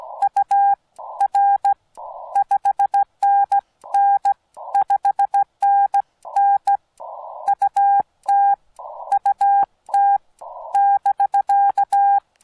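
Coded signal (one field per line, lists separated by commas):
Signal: Morse code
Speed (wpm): 16 wpm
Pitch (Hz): 800 Hz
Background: none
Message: UR 5NN 5NN UT UT <BK>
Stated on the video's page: CW-only Parks on the Air activation, Yaesu FT-891 at 25 watts, straight key, Wolf River Coils Take-It-Along antenna, battery powered.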